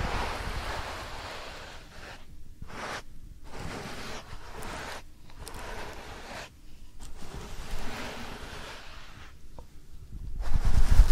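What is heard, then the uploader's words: Soft powder is rubbed over the ear in long, dense, hissing strokes that swell and fade like gentle surf. The rubbing stops briefly every second or two, leaving only a low, steady rumble, then resumes, growing louder near the end. ASMR Real Soft Powder Ear Massage (No Talking).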